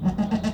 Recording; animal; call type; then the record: contact call of a hoofed animal; goat; low-frequency (closed-mouth) or high-frequency (open-mouth) call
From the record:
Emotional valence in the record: positive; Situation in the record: food anticipation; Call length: 0.54 s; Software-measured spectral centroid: 1700 Hz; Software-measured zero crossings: 780 a second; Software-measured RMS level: -24 dBFS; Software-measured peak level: -13 dBFS